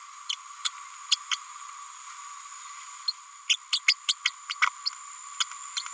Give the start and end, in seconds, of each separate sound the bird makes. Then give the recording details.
0.29-0.33, 0.64-0.69, 1.11-1.17, 1.31-1.36, 3.07-3.12, 3.49-3.56, 3.72-3.79, 3.88-3.94, 4.08-4.14, 4.25-4.31, 4.50-4.55, 4.62-4.66, 4.86-4.90, 5.40-5.44, 5.76-5.83. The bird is a female. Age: 30 days. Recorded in a nest box in Venezuela. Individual 17B102A6